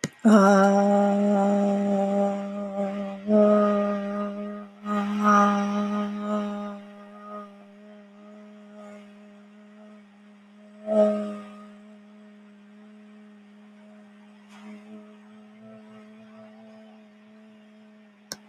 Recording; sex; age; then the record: vowel held as long as possible; female; 40 to 49 years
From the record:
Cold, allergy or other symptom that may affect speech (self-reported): no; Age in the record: 44 years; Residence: Illinois, United States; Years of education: 12